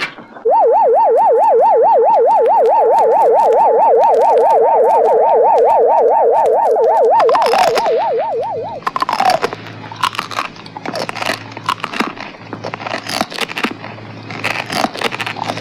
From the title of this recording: Chilling, Thrilling Sounds of the Haunted House